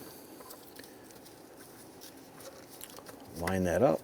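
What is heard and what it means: An electrical connector in the engine bay of a 2002-2008 Dodge RAM, during a spark plug wire replacement, is grabbed and lined up with its mating socket before being pushed home. Only quiet handling noises are heard, with a few faint ticks around 0.8 s and 2.8–3.0 s, and then someone talks near the end. Nothing has seated or clicked yet.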